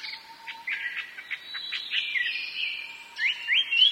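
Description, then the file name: Chinese hwamei song, softer and somewhat muddled: jumbled chirps and whistled slurs, ending in two louder rising whistles. "gabicho"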